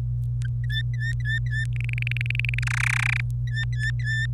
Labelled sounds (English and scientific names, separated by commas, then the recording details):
Domestic Canary (Serinus canaria) song
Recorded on 26 April 2018 at 12:15
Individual llb3